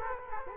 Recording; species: mosquito wingbeat signal from an infrared sensor; Culex quinquefasciatus